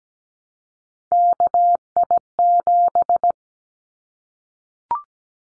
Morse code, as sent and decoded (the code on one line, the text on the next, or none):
-.- .. --...
KI7